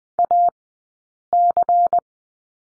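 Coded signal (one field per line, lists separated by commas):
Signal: Morse code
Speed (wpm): 20 wpm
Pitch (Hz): 700 Hz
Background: none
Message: AC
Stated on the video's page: Morse code course lesson on the slash character, sent at Farnsworth speed 20/10 wpm.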